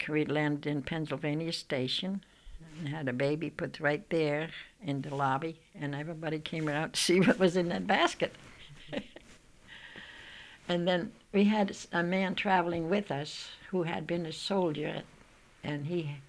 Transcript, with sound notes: We landed in Pennsylvania Station, and had the baby put right there in the lobby, and everybody came out to see what was in that basket. ( she laughs ) And then we had a man traveling with us who had been a soldier, and he